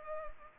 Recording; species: mosquito wingbeat signal from an infrared sensor; Culex pipiens